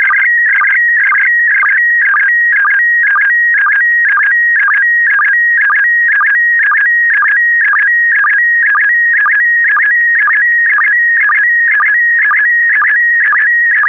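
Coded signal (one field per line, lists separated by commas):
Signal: SSTV (slow-scan television)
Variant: PD120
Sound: warbling steady tone with rapid rhythmic chirps, repeating about twice a second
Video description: When ready, un-pause this video and start to decode * this is a 2 minutes test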